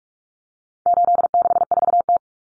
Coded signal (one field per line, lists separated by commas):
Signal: Morse code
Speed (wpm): 44 wpm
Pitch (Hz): 700 Hz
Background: none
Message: 864T